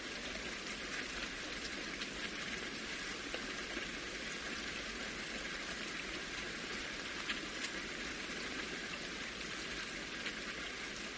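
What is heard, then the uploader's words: Steady rain falls throughout, a dense, even hiss of countless drops with no pauses or build. Faint individual ticks stand out now and then against the constant wash. A low rumble sits underneath, unchanging. The soothing sounds of a gentle rainfall. Pitter-patter of raindrops.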